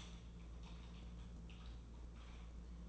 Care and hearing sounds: daily activity, microphone in the room; typing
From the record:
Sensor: 1

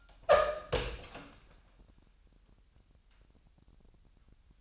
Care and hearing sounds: daily activity, microphone in the room; open door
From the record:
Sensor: 2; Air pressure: 998.4 hPa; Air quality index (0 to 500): 140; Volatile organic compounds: 4 ppm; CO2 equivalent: 1582 ppm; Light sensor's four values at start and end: 12/34/14/13 and 12/35/14/14

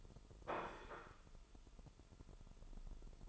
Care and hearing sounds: daily activity, microphone in the room; place plate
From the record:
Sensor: 5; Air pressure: 988.7 hPa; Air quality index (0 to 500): 237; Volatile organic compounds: 202 ppm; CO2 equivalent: 4220 ppm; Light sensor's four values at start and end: 40/125/48/52 and 40/125/48/52

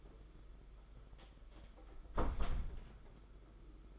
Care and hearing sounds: daily activity, microphone in the room; close door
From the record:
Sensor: 5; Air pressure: 991.7 hPa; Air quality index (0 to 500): 135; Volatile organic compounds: 87 ppm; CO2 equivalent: 3659 ppm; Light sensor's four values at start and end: 34/113/42/45 and 34/113/42/45

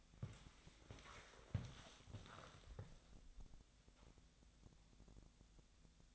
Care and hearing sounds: daily activity, microphone in the room; walk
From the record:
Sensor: 3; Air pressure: 1000.5 hPa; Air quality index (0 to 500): 164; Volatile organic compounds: 3 ppm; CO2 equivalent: 1427 ppm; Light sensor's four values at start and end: 17/45/18/20 and 10/25/10/12

